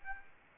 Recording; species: mosquito wingbeat signal from an infrared sensor; Aedes albopictus